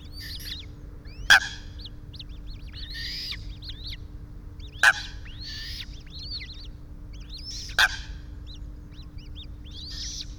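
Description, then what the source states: Eurasian coot repeating a sharp, percussive call every three seconds or so, while high wavering squeaks and peeps continue around it above a steady hum. Family group, Enfield.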